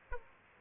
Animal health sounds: mosquito wingbeat signal from an infrared sensor; Aedes aegypti

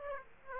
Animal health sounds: mosquito wingbeat signal from an infrared sensor; Aedes aegypti

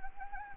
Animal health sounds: mosquito wingbeat signal from an infrared sensor; Anopheles gambiae

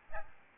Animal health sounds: mosquito wingbeat signal from an infrared sensor; Aedes albopictus

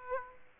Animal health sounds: mosquito wingbeat signal from an infrared sensor; Aedes aegypti

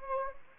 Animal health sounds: mosquito wingbeat signal from an infrared sensor; Anopheles gambiae

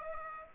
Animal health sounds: mosquito wingbeat signal from an infrared sensor; Aedes aegypti

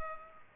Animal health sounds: mosquito wingbeat signal from an infrared sensor; Culex pipiens

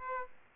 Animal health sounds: mosquito wingbeat signal from an infrared sensor; Aedes aegypti

